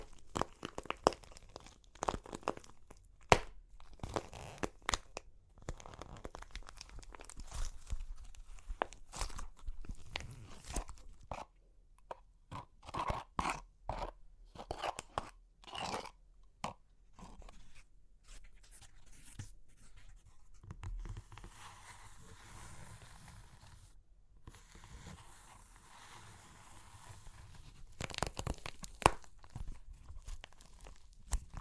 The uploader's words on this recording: Super Crunchy Clay Cracking (No Talking).